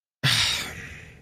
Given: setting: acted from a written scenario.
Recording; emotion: vocal sound without words; contempt